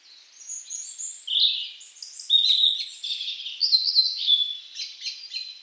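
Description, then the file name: European robin singing a continuous run of high, thin warbling phrases, shifting quickly between sweet notes and brief trills with no pause. "Erithacus rubecula"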